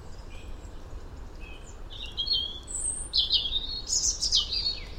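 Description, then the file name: European robin song starting with soft, short notes, then building into louder, high, trilling and warbling phrases in the second half. "Erithacus rubecula"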